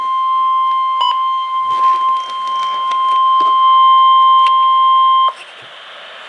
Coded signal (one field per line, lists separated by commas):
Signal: Emergency Alert System (SAME) tones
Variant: 1050 Hz attention tone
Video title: NOAA - Special Marine Warning (EAS #1,277)